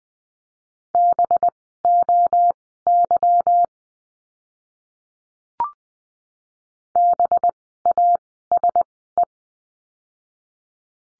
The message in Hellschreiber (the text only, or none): none